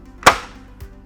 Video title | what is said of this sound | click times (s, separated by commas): Little Giant Ladder Systems - Adjustable Safety CAGE - How-To | allow that to drop down until that locks into place and then | 0.3 s